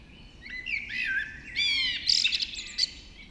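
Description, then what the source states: Dawn chorus of birds: dense, overlapping high-pitched songs with rapid trills, whistled slurs and sharp chips layered together. Dawn chorus just after dawn in the Forest of Dean.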